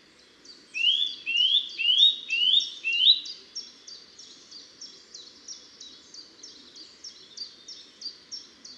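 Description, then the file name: Eurasian nuthatch, five ringing, upslurred whistles in a row, followed by a long steady series of softer, short high notes. "Sitta europaea"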